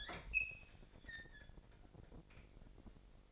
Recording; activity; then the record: daily activity, microphone in the room; open fridge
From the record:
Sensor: 5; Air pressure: 1002.1 hPa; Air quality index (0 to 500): 217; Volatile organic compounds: 24 ppm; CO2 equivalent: 2817 ppm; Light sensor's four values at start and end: 9/22/9/10 and 10/24/10/11